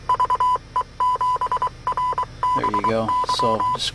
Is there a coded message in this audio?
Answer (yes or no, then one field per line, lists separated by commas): yes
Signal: Morse code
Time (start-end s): 0.1-3.8 s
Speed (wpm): 23 wpm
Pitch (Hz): 1000 Hz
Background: speech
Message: VE7RBY